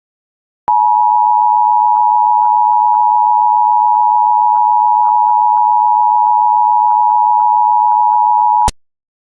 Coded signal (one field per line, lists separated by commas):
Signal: Emergency Alert System (SAME) tones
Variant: 853 and 960 Hz attention tone